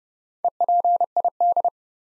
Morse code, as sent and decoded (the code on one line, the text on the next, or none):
. .--. .. -..
EPID